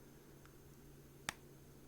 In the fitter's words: should you should hear like a little click almost